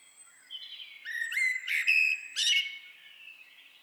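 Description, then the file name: Eurasian blackbird calls: a quick run of sharp, buzzy chattering notes that builds up, then trails off into a thin, high squeak. "Turdus merula"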